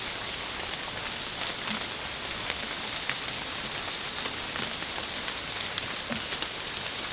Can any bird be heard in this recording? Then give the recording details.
no. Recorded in secondary vegetation near Puerto Asís, Putumayo, Colombia, on 29 June 2025 at 23:30. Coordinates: 0.484, -76.319. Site G074